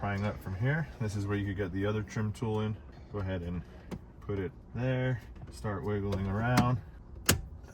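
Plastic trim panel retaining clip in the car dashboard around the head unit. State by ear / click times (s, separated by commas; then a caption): released / 7.3 s. Someone talks while prying up a plastic trim panel around the head unit in a Mazdaspeed3 dashboard with a trim tool and wiggling it. At 7.3 s a retaining clip releases with a sharp click and the panel pops loose.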